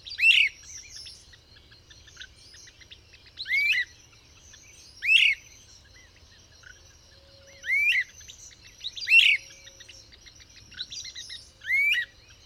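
Bird singing brief chirpy phrases with quick downward-sweeping notes at uneven intervals, a thin continuous high buzz underneath.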